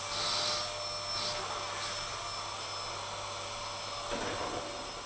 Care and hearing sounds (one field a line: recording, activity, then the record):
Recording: daily activity, microphone in the room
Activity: vacuum cleaning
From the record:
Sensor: 5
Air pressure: 1000.2 hPa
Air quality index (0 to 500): 118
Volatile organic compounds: 1 ppm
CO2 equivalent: 939 ppm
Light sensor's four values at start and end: 143/336/145/158 and 144/339/146/159